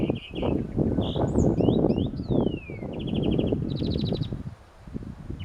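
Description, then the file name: European greenfinch calls: slurred whistled notes, a long falling note and rapid trilled twitters, against strong low rumbling background noise. "Chloris chloris"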